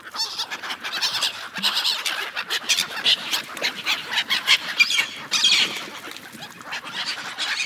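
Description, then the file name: Gulls crying in a crowded flock, high squealing notes rising and falling in uneven bursts throughout. Several gulls. "seagulls"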